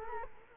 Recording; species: mosquito wingbeat signal from an infrared sensor; Culex quinquefasciatus